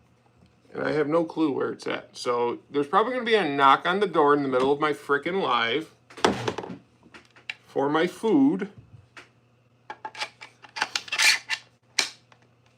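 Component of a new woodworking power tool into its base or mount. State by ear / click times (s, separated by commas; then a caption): seated / 12.0 s. Someone talks for the first several seconds. This is followed by handling clatter and knocks as a component of a new woodworking power tool is fitted into its base or mount. It snaps into place with a sharp click at 12.0 s.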